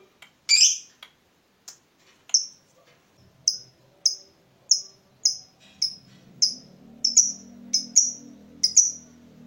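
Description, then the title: Lovebird chirps: single sharp, high notes repeated at short intervals over a faint low background hum. Lovebird whose style makes it look very clever at baiting (memancing), prompting other birds to sing. "Dari Gayanya Lovebird Ini Terlihat Pintar Sekali Memancing"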